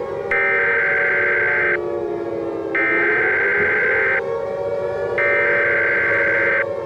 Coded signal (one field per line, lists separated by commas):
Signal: Emergency Alert System (SAME) tones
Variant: header bursts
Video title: The Unknown Launch: Global Destruction- An EAS Scenario (Alternate Ending)